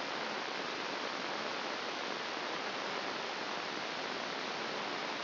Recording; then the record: brain microelectrode recording played as sound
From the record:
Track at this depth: outside the subthalamic nucleus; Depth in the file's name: 0.84 mm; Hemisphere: left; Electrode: 2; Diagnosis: Parkinson's disease